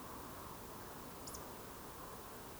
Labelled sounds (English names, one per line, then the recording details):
Eurasian Woodcock whistle
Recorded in Baden-Württemberg, Germany, on 12 June 2020 at 20:23 UTC
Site 43791, 788 m above sea level